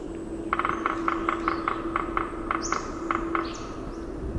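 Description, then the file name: Red-breasted sapsucker drumming, an irregular series of sharp taps in quick pairs and short bursts over about three seconds, with faint bird chirps and a steady low hum behind. "RBSA drumming"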